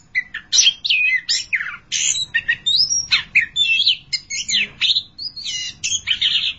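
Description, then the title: Thrush song, a rapid, varied run of high whistled and slurred notes with sharp upward and downward sweeps, delivered almost without pause. "burung anis"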